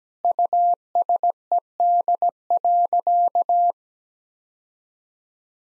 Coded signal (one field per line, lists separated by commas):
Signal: Morse code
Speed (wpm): 17 wpm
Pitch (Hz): 700 Hz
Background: none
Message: USED.